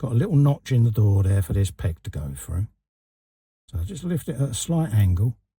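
A spring-loaded peg of a door mechanism is lifted at a slight angle through a notch in the door panel of a 1:6 scale Ford Mustang Shelby GT500 model car. Someone talks throughout, with a brief pause of silence in the middle. Nothing has seated or clicked yet.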